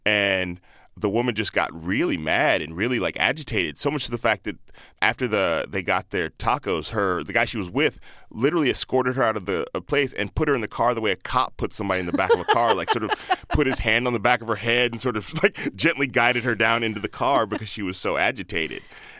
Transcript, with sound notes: And the woman just got really mad and really like agitated, so much to the fact that after they got their tacos, her, the guy she was with literally escorted her out of the place and put her in the car the way a cop puts somebody in the back of a car...
(LAUGHTER)
...like sort of put his hand on the back of her head and sort of like gently guided her down into the car because she was so agitated.